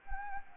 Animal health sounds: mosquito wingbeat signal from an infrared sensor; Anopheles gambiae

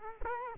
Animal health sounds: mosquito wingbeat signal from an infrared sensor; Culex quinquefasciatus

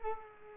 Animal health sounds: mosquito wingbeat signal from an infrared sensor; Culex quinquefasciatus

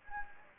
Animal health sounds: mosquito wingbeat signal from an infrared sensor; Anopheles gambiae

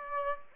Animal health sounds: mosquito wingbeat signal from an infrared sensor; Aedes aegypti

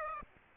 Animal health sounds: mosquito wingbeat signal from an infrared sensor; Aedes aegypti

